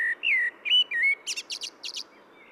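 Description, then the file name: Common blackbird song phrase: several smooth, slurred fluty whistles, then a run of quick, high squeaky notes closing the phrase. "Turdus merula"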